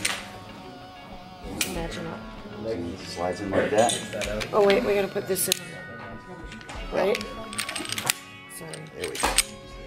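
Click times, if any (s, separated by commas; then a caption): 9.4 s. During reassembly after cleaning, the takedown lever on a metal pistol frame is rotated and snaps back into its locked position with a sharp click at 9.4 s. Someone talks over background music, with several other short clicks of handling earlier in the clip.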